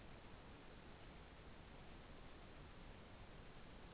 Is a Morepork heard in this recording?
no